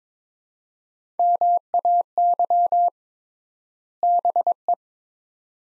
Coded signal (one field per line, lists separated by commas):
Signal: Morse code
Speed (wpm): 21 wpm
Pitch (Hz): 700 Hz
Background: none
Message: MAY BE